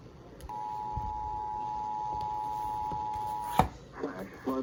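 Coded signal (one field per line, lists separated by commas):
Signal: Emergency Alert System (SAME) tones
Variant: 853 and 960 Hz attention tone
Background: speech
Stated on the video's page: Real EAS alerts received, mostly flash flood warnings plus a severe thunderstorm warning.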